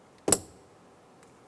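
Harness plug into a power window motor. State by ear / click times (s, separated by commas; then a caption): seated / 0.3 s. A wiring harness plug is pushed into the rear power window motor of a 2007-2012 Nissan Altima window motor and regulator assembly. A sharp, bright click is heard at 0.3 s, with a faint tick near 1.2 s. The connector is seated.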